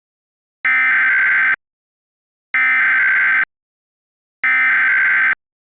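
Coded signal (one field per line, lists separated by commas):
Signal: Emergency Alert System (SAME) tones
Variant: header bursts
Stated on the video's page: Mock, fictional New York AMBER alert, a remake of an earlier mock.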